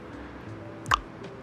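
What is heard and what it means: A small metal retaining plate on the drive sprocket of an Apollo 125cc pit dirt bike is rotated until its cogs line up with an opening, then popped off the sprocket shaft. A faint tick at 0.9 s leads into a sharp metallic snap at 0.9 s, and the plate comes free. Low background noise runs throughout.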